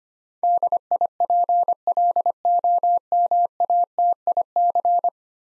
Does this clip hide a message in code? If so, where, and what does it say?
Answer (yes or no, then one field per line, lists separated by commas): yes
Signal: Morse code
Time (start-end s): 0.4-5.1 s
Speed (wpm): 25 wpm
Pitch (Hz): 700 Hz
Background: none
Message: DIPLOMATIC